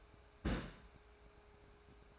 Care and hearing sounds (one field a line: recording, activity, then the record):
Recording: daily activity, microphone in the room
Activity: place on stove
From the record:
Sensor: 2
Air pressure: 1010.2 hPa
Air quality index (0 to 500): 160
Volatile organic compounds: 7 ppm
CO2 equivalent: 2010 ppm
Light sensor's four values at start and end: 41/98/44/50 and 41/98/44/50